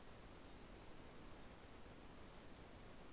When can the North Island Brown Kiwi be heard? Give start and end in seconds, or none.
none